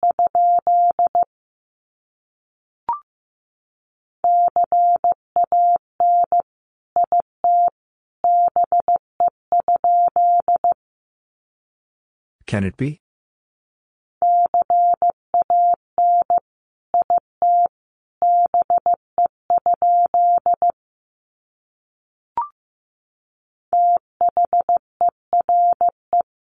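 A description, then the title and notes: Morse code beeps at one steady mid pitch, quick dots and dashes in bursts with short gaps, broken by a brief scratchy noise midway. These sentences are composed of the Top 100 words. First, the words are sent in Morse code. 15wpm.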